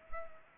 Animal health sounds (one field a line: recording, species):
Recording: mosquito wingbeat signal from an infrared sensor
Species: Culex pipiens